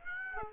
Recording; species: mosquito wingbeat signal from an infrared sensor; Aedes aegypti